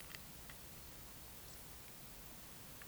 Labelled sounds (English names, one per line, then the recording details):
Eurasian Woodcock whistle
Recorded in Baden-Württemberg, Germany, on 11 June 2021 at 20:08 UTC
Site 24606, 635 m above sea level